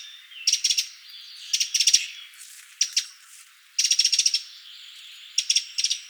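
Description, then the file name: Eurasian wren giving dry rattling calls, quick runs of sharp ticks repeated at short intervals. "Troglodytes troglodytes"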